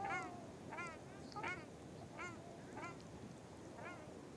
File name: Ruddy shelduck